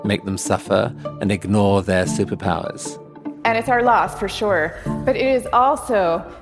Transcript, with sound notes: make them suffer and ignore their superpowers.
(Recorded talk) ...and it's our loss, for sure. But it is also